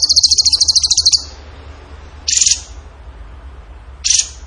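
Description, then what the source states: Bird singing a fast, high, rattling trill at the start, followed by two short bursts. Masteran (training recording) for song birds in the tembakan gacor song style.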